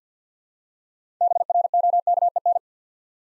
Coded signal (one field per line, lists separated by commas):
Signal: Morse code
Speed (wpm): 50 wpm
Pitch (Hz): 700 Hz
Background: none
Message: BROKEN